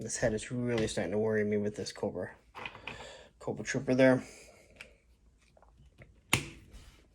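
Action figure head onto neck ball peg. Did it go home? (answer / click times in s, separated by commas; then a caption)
yes / 6.3 s. Someone talks while a plastic action figure head that was popped off is pushed back onto the figure's neck ball peg. A faint rustle of handling follows, then a single sharp pop at 6.3 s as the head snaps on and seats firmly.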